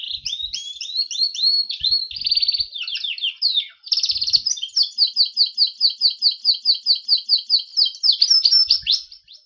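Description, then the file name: Berner canary song opening with mixed twitters, then a long even trill of repeated downslurred notes, closing with a quick flourish. "kenari berner omkicau"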